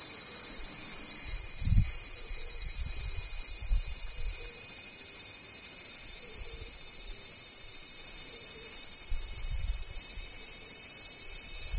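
Cicadas drone in a dense, unbroken chorus, a bright shrill buzz that holds steady for the whole stretch with no pauses. Underneath, faint low rumbles swell briefly now and then, most noticeably near the two-second mark and again around nine seconds.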